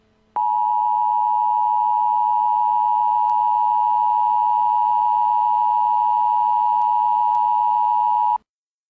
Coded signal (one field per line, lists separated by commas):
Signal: Emergency Alert System (SAME) tones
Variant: 853 and 960 Hz attention tone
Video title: EAS TEST